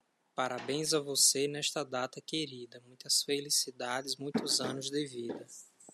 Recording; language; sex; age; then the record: short text; Brazilian Portuguese; male; 30 to 39 years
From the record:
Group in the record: control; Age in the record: 31 years